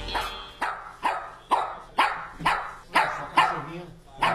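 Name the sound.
small dog barking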